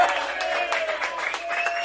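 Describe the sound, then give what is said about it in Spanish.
A short burst of steady applause, many hands clapping in a dense, even patter at a moderate level, with a faint sustained tone running underneath. “¡Los aplausos”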